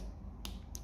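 A metal dental torque ratchet set to 25 N is used to try to loosen an abutment screw in a dental implant model that was tightened to 30 N. The wrench breaks over at its setting with two sharp, high-pitched clicks at 0.5 s and 0.8 s over a low background hum. The screw does not loosen, which is taken to show that the wrench is accurate.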